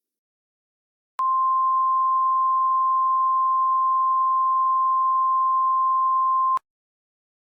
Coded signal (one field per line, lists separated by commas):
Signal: Emergency Alert System (SAME) tones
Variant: 1050 Hz attention tone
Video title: EAS Scenario: True Angel?